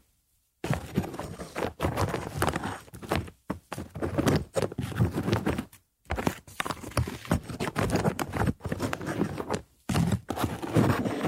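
Wood clatters and knocks in dense, irregular bursts after a short silence, with brief pauses every second or two, like hollow clip-clopping.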